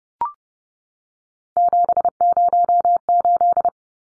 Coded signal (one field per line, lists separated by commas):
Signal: Morse code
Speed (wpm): 30 wpm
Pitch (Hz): 700 Hz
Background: none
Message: 708